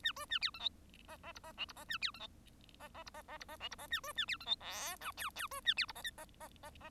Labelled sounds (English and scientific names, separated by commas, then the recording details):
Bengalese Finch (Lonchura striata domestica) song
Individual Bird1